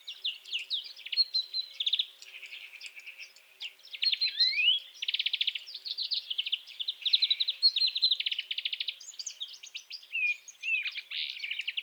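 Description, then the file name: European greenfinch twittering song, dense chains of fast trills, chirps and slurred whistles with scattered buzzy wheezes, going on without a break. "Chloris chloris"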